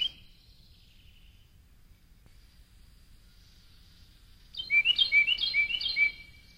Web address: Carolina Wren